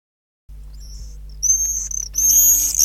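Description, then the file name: Common swift screeches, high wavering screams arriving in two quick bursts, the second louder and harsher, with a constant low hum beneath. "apus apus"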